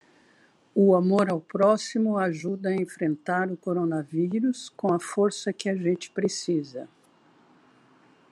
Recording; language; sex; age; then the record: spoken sentence; Brazilian Portuguese; female; 60 to 69 years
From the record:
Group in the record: control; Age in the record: 69 years